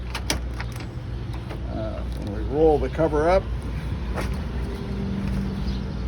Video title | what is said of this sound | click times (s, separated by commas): Ford Maverick Hard Roll-up Tonneau Cover comments | Either side snaps individually. | 0.3 s